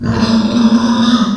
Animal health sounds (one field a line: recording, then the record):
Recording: squeal of a Yucatan mini pig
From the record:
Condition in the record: after surgery on the right vocal fold (resection and tissue-engineered implant)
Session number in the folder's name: 14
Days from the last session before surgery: 133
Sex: female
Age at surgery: 19 weeks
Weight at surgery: 25 kg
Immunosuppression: prednisolone